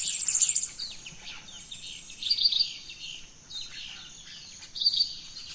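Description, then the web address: Birds calling in a dawn chorus, a fast high trill at the start, then bursts of sharp chirps. Dawn chorus of rainforest birds, Gran Sabana, Venezuela. "Birds in the Rainforest 03 Dawn Venezuela Gran Sabana"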